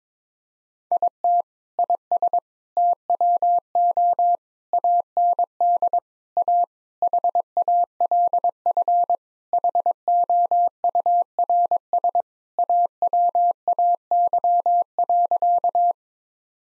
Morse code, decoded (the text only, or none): IT IS TWO AND A HALF HOURS AWAY.